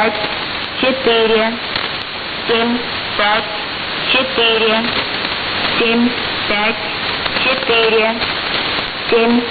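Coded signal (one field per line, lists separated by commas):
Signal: numbers station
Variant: S06s Russian Lady, Russian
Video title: 16 07 2019 S06s Russian Lady numbers station in Russian to Eu 1110 on 7560 unknown tx site USB+AM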